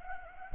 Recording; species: mosquito wingbeat signal from an infrared sensor; Culex pipiens